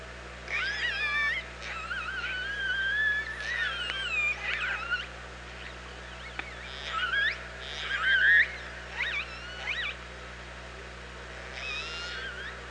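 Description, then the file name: Orca calls in a busy sequence: many overlapping harmonic calls, some rising, some wavering, nearly continuous for ten seconds, over a steady low hum. Recorded by OrcaLab on 24 August 2017 at 07:46. "Orca Lab UTLN JASON 20170824 074610"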